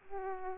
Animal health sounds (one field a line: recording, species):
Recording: mosquito wingbeat signal from an infrared sensor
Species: Aedes aegypti